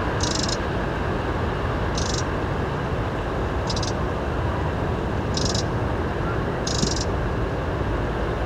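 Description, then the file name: Eurasian wren repeating five short rasping calls at fairly regular intervals while a loud low drone continues throughout. "Troglodytes troglodytes"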